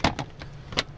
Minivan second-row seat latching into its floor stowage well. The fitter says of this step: lock into place real nice and simple